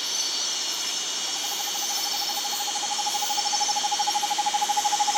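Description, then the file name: Bird trill, a steady rapid series of even, mid-pitched pulses that starts softly after a second and grows louder toward the end, over broad high hiss. "SABIOD 50 bird 2015"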